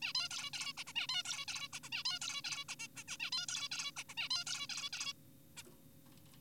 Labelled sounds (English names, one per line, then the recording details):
Zebra Finch
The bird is an adult
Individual g4p5U